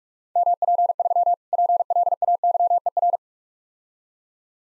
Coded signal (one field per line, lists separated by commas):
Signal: Morse code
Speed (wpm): 45 wpm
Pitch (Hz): 700 Hz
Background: none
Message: MP3 PLAYER